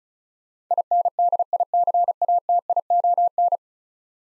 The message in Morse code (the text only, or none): INDICATION